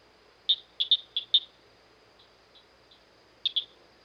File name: dan-gibsons-solitudes southern-cricket-frog